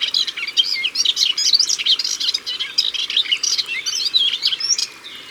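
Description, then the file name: Melodious warbler song, a busy, run-on chatter of bright, varied notes and twitters with brief dips, over steady low background noise. Recorded at the water's edge. "Hypolais polyglotte Au bord de leau"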